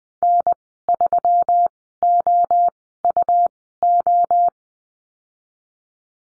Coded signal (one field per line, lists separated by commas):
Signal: Morse code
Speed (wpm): 20 wpm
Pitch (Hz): 700 Hz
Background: none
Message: N3OUO